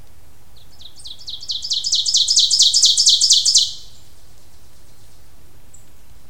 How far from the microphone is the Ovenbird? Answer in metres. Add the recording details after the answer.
about 5 m. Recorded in boreal forest in Alberta, Canada, on 26 May 2016 at 07:20. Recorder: SongMeter 3, array SBT-3-15. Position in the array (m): 42 m, 252 m. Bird 20